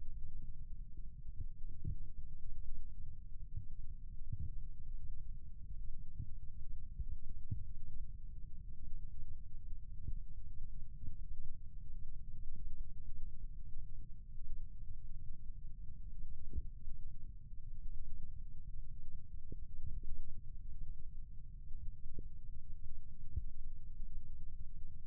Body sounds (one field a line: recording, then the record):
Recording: forearm muscle sounds (acoustic myography)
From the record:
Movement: rest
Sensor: system 1, eight BSWA MPA416 microphones around the upper forearm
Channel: 5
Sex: male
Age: 21 years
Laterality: right